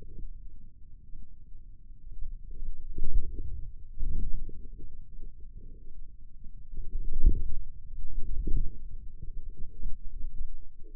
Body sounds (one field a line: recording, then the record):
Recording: forearm muscle sounds (acoustic myography)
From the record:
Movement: inward rotation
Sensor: system 2, bracelet of six BSWA MPA416 microphones around the upper forearm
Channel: 2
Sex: male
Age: 22 years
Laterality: right